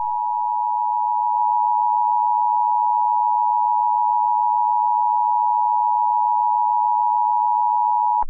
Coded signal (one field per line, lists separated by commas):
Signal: Emergency Alert System (SAME) tones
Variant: 853 and 960 Hz attention tone